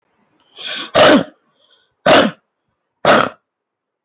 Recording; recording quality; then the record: heavy voluntary cough; moderate, slight background noise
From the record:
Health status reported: healthy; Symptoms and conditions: none ticked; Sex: male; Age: 57 years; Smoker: not ticked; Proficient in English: yes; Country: India